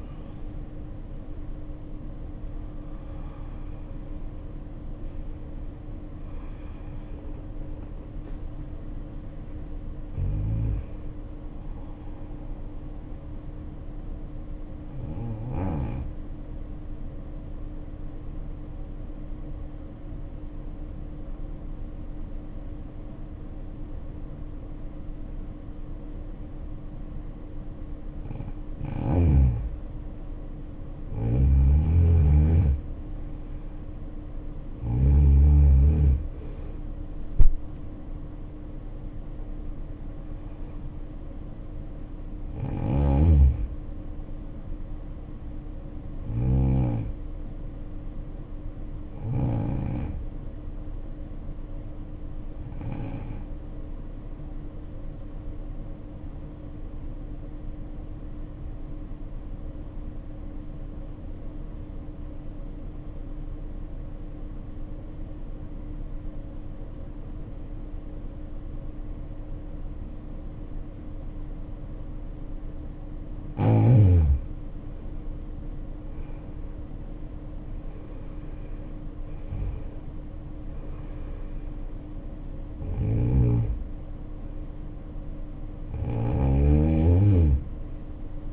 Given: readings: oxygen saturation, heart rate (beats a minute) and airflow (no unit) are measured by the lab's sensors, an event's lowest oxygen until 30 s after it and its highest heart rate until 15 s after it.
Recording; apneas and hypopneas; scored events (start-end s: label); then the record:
breathing in sleep by a smartphone at the bedside; 2
14.00-31.60 s: hypopnea (N1, oxygen 95% highest, then 84% lowest, heart rate 66 at the start, 69 highest)
58.00-73.30 s: obstructive apnea (N1, oxygen 96% highest, then 79% lowest, heart rate 53 at the start, 74 highest)
From the record:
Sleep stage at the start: N1 (lightest sleep); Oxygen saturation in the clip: 75 to 96%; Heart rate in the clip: 53 to 81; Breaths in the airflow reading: 17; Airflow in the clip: -7.6 to 9.2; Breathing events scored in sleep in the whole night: 520 in 7.2 hours asleep